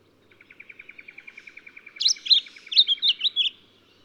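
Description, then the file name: Lemon-bellied flycatcher calling with a brisk run of high, sharp notes that rise and fall quickly, after a faint, steady ticking series. "Microeca Flavigaster"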